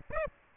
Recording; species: mosquito wingbeat signal from an infrared sensor; Aedes aegypti